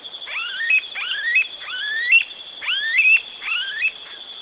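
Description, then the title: Smooth-billed Ani giving five rising, whining whistled calls in quick succession, over a steady high-pitched hum. "LuckyPassaro Completos2Sama. Smooth-billed Ani (Crotophaga ani)"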